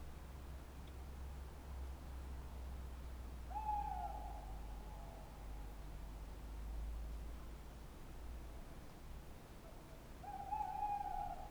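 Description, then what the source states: Tawny owl hooting twice, low drawn-out notes roughly seven seconds apart, with a steady deep rumble underneath. Tawny owl at night on wooded banks of the Dordogne near Limeuil, France, under a starry sky; end of Cadouin festival; recorded with Sonosax SX-R4+ and DPA 4022 microphones.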